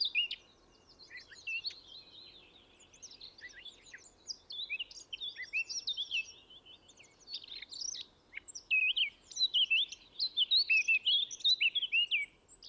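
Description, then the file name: Eurasian blackcap song: rapid scratchy warbling in broken bursts, ending in louder clear fluty whistled phrases over the last few seconds, with a soft steady background hiss. "Sylvia atricapilla"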